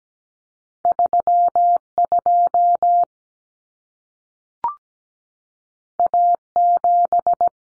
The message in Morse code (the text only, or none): 32 A7